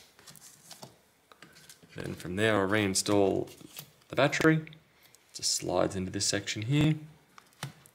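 An internal battery pack for a Dell Inspiron 3585 laptop is handled and slid toward its bay in the plastic laptop base while someone talks, with a few light taps and scrapes near the start and end. Nothing has seated or clicked into place yet.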